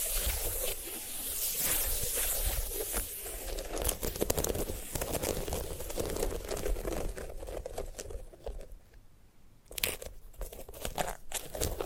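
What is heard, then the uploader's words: Dry rustling, crackling and tearing from a sunflower head being handled, dense and busy at first, thinning to brief scrapes after eight seconds. ASMR of a Sunflower Head (No Talking).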